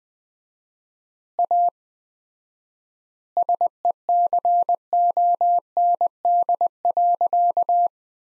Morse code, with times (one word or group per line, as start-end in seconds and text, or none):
1.4-1.7 A
3.4-7.9 SECOND.